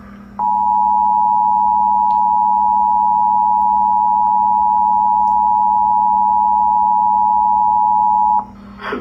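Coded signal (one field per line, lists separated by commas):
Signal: Emergency Alert System (SAME) tones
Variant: 853 and 960 Hz attention tone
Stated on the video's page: Severe thunderstorm warning tones aired on both radio and TV for San Bernardino County, California.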